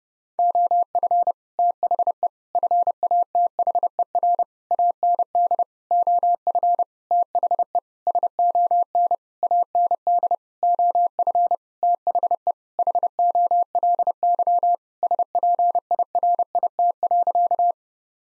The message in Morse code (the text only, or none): OF THE FATHER AND OF THE SON AND OF THE HOLY SPIRIT.